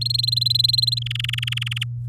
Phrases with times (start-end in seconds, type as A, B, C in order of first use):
0.01-0.99 A, 1.02-1.84 B